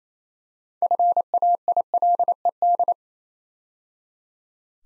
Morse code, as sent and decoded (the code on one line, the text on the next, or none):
..-. .- .. .-.. . -..
FAILED